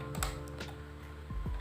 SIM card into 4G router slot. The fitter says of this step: ini juga sampai bunyi klek gitu.